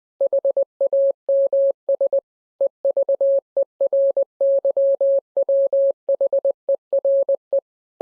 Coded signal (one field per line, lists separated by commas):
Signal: Morse code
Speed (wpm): 20 wpm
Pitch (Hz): 550 Hz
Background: none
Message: HAMS EVERYWHERE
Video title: #HamRadio Live! 251 Tribute To Ameritron Manager Mike Enis + MFJ Out Of Huntsville. Contest’s & More